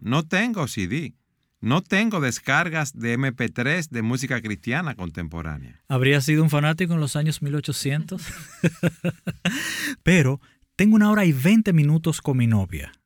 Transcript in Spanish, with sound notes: No tengo CD, no tengo descargas de mp3 de música cristiana contemporánea.
¡Habrías sido fanático en los años 1800! (Risas) Pero... tengo una hora y veinte minutos, con mi novia.